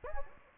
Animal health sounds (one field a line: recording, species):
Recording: mosquito wingbeat signal from an infrared sensor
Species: Anopheles gambiae